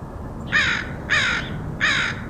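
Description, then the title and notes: Crow caws, three harsh, raspy calls about two-thirds of a second apart, over a low steady background rumble. Crows recorded in Portland, Oregon, USA, in August 2003. "Crows of Portland. Crows recorded by Dan Bodah in Portland, OR, August 2003"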